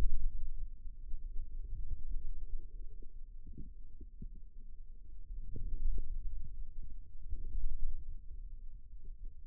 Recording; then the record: forearm muscle sounds (acoustic myography)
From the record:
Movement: outward rotation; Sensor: system 2, bracelet of six BSWA MPA416 microphones around the upper forearm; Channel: 3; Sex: male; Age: 22 years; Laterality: right